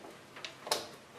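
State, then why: Seated. A memory (RAM) stick is pushed down at each end into a motherboard DIMM slot. Two sharp clicks sound at 0.4 s and 0.7 s, the second louder. The latch at the back locks in and the module is seated.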